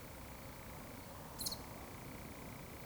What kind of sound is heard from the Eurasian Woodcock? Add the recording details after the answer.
whistle. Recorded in Baden-Württemberg, Germany, on 11 June 2020 at 20:34 UTC. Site 24578, 122 m above sea level